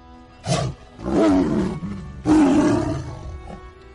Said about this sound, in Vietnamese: Ngay khi bộc phát, thì hư ảnh một con mãnh hổ màu đỏ xuất hiện bên ngoài loa, ngửa mặt lên trời gầm lớn một tiếng, uy vũ vô cùng.